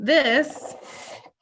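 A removable plastic front piece, likely the water chamber, is being handled and slid toward its slot in a high flow oxygen machine. Someone talks briefly, followed by faint low rustling and handling noise. Nothing has seated or clicked yet.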